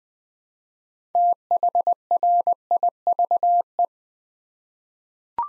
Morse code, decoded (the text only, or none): THRIVE